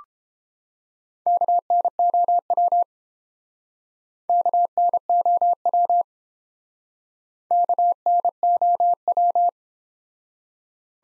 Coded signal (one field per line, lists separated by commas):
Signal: Morse code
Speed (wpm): 29 wpm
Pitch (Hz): 700 Hz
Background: none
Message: KNOW KNOW KNOW